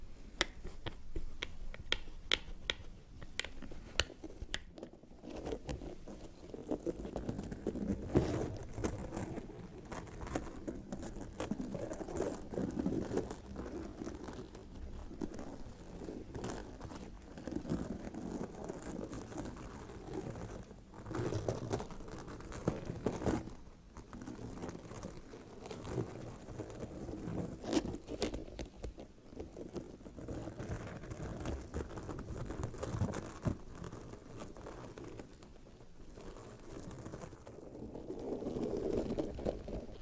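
Fingernails scratch across textured leather bags in a steady, dense rustle that runs the whole time. The scraping is mostly low and soft, with quick bright ticks throughout and a few short pauses near 5, 21 and 24 seconds.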